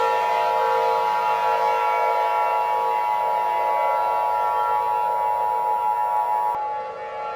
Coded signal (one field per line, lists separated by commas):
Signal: Emergency Alert System (SAME) tones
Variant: 853 and 960 Hz attention tone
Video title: EAS Scenario - The Spirit (from "The Care Bears Movie")